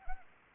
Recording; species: mosquito wingbeat signal from an infrared sensor; Anopheles arabiensis